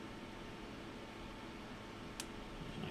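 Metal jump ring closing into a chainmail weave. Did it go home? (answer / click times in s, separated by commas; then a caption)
no / none. Thumb and finger press the cut ends of a metal chainmail jump ring together as it closes into a chainmail weave, over a steady broadband hiss. A single faint, short tick near 2.2 seconds is not the closing click, so the ring has not clicked shut.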